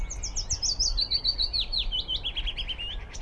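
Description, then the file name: Willow warbler singing a sweet phrase of slurred whistled notes that cascade gradually downward in pitch, over low rumbling background noise. Recorded 2 May 2009 at Lee Valley Country Park. "Willow Warbler 2 may 09 Lee Valley CP"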